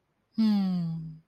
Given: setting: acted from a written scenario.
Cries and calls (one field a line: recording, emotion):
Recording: vocal sound without words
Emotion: contentment